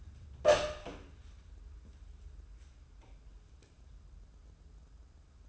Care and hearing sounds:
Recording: daily activity, microphone in the room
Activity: open door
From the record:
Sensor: 2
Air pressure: 994.2 hPa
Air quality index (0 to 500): 204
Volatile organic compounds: 1000 ppm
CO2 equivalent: 6752 ppm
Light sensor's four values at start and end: 111/263/111/115 and 107/252/106/110

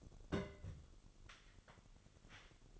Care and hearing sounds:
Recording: daily activity, microphone in the room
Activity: place on stove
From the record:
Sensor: 4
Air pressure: 1008.7 hPa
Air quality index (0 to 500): 105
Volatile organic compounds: 1 ppm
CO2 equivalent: 785 ppm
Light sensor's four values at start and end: 10/23/9/8 and 10/23/9/8

